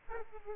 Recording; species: mosquito wingbeat signal from an infrared sensor; Aedes aegypti